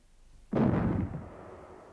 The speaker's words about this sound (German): Zwei kleine Kanonen schossen harmlos wie ein Spielzeug zum blauen Himmel an.